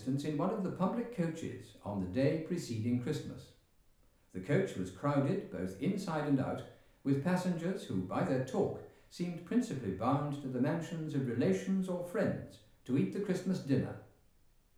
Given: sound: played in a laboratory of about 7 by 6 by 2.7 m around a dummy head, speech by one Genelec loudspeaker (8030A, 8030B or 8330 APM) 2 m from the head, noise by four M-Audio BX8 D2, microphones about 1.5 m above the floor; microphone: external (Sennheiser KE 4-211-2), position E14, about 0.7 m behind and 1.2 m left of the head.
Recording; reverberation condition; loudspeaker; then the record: male speech in English; medium; behind (180 degrees)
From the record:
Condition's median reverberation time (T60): about 510 ms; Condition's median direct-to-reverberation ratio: about -0.5 dB